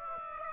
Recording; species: mosquito wingbeat signal from an infrared sensor; Aedes aegypti